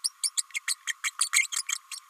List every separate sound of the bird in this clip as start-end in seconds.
0.04-0.11, 0.23-0.30, 0.37-0.42, 0.67-0.74, 0.87-0.93, 1.04-1.10, 1.20-1.28, 1.33-1.47, 1.52-1.62, 1.68-1.78, 1.91-1.99